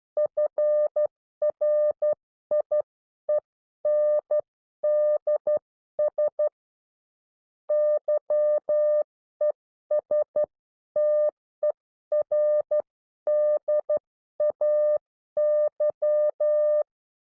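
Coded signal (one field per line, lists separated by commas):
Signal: Morse code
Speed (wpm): 12 wpm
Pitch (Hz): 600 Hz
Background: none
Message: FRIENDS YESTERDAY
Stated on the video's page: Recorded Morse class.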